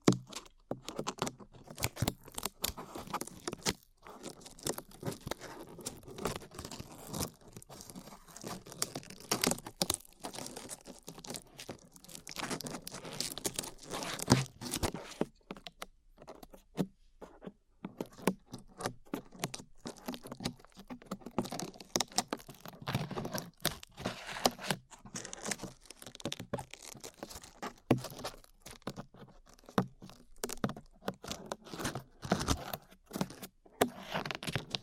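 Dried glue peeled away in a dense, irregular stream of sharp crackling and tearing snaps, with brief pauses around fifteen seconds.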